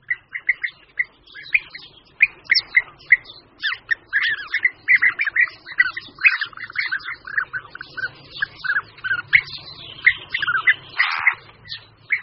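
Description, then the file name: European bee-eater calls from several birds, dense rolling chirps overlapping continuously throughout, with a low hum underneath. "Vlha-pestrá"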